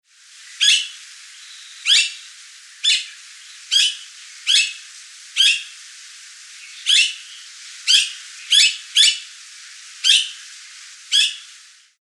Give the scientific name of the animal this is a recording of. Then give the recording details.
Entomyzon cyanotis. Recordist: Tembrock, Günter. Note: Lautfolfen